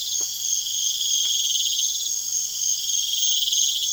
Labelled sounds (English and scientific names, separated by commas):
none